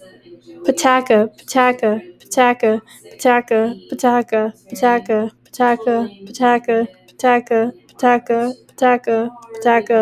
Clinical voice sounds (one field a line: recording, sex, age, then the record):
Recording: repeated syllables /pa ta ka/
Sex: female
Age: 20 to 29 years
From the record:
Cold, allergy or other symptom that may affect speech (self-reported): no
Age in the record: 21 years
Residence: Connecticut, United States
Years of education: 15